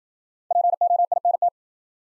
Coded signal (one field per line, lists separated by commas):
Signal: Morse code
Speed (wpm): 53 wpm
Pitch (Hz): 700 Hz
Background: none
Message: POINT